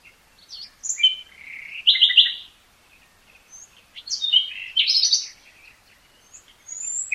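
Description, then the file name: Nightingale song of varied phrases: squeaky notes, a short buzzy trill, chattering bursts and scattered high whistles, with brief pauses between. "Luscinia megarhynchos"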